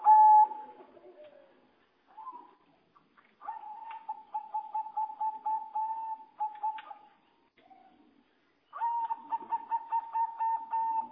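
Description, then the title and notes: Bird producing clipped note bursts separated by silent gaps, including a long even series of rapid pulses and a final loud pulsing phrase. "Bird Sound. Kicau Burung Lengkap"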